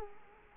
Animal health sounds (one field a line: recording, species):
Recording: mosquito wingbeat signal from an infrared sensor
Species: Culex quinquefasciatus